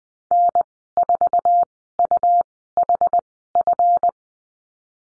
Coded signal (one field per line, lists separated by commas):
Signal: Morse code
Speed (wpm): 20 wpm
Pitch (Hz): 700 Hz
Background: none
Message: N4UHF